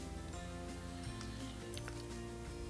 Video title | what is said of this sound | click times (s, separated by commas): ✨ Miele Optima Dishwasher - Loud Wash Cycle - Save $$$ With DIY FIX ✨ | put the Power connector back onto the motor I'm going to push it all the way in make sure it clicks in | 1.7 s